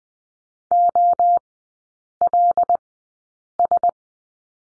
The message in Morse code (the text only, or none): OLS